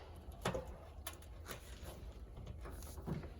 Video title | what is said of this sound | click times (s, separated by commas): 2025 FOREST RIVER WILDWOOD 178BHSK | Now that you're locked into place, turning the valve opens up the flow propane. | 1.1 s